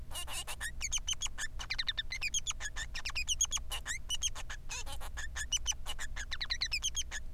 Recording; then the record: song of a male Bengalese finch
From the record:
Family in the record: son of father 3